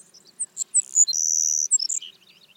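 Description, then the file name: Savannah sparrow song fragment: sharp, very high chips leading into a long, steady, hissing buzz, then a few clipped closing notes. "Passerculus sandwichensis - Savannah Sparrow"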